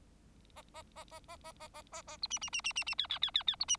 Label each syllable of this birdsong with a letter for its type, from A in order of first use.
A A A A A A A A A A B C C C C C C D D D D D B C